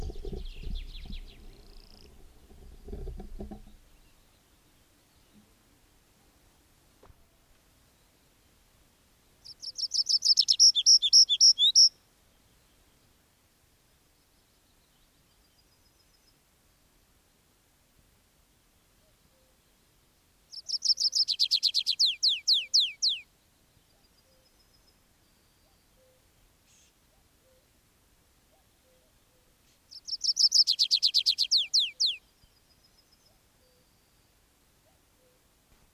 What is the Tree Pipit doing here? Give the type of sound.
song